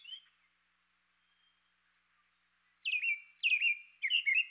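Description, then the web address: American robin singing: one clear whistled note, a quiet pause, then three slurred caroling phrases in quick succession near the end. Eastern North America. "Dan Gibson Wildlife Identification By Sound, Eastern North America Pt 2. American Robin"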